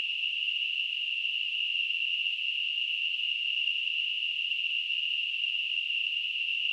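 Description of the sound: Steady high-pitched hiss centred near 3 kHz, unchanging throughout; a simulated tinnitus sound.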